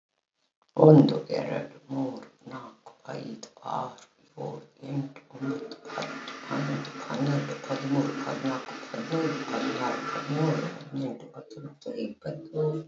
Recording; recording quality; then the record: counting at a normal pace; moderate, slight background noise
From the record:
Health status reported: healthy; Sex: female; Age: 63 years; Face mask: not worn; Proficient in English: yes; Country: India